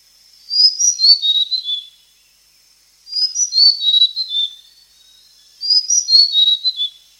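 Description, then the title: Blue-crowned hanging parrot repeating a shrill, descending sequence of high squeaky notes three times, with pauses of about a second between bursts. "SERINDIT"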